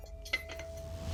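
A second plastic support pole is pushed into the base of an animatronic prop and clicks into place with a sharp snap at 0.3 s, followed by a softer knock at 0.6 s. The pole is seated in the base. No one talks in the clip.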